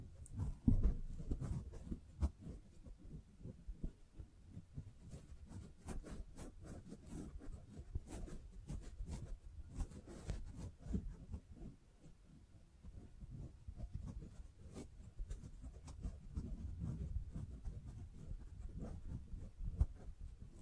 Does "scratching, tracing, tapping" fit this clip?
yes